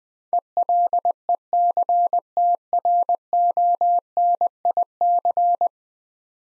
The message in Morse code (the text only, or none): ELECTRONIC